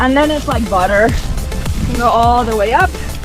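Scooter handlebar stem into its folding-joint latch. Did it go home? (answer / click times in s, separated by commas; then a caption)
no / none. The folded handlebar stem of a NANROBOT D4+ 3.0 electric scooter is being raised toward its metal folding-joint latch while someone talks over music. Nothing has seated or clicked yet; the stem is not yet locked upright.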